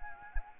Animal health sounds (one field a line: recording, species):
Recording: mosquito wingbeat signal from an infrared sensor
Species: Anopheles arabiensis